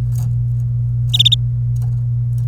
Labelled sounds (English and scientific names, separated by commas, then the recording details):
Domestic Canary (Serinus canaria) song
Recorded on 27 April 2018 at 09:34
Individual llb3